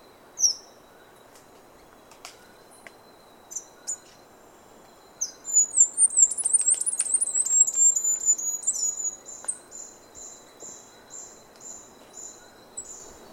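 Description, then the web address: Golden-eyed flowerpiercer gives a fast, high, slightly descending twitter lasting about four seconds, followed by a run of evenly spaced short high notes; a few scattered chips come before it. Recorded in Ecuador. "Birds of Ecuador Golden-eyed Flowerpiercer"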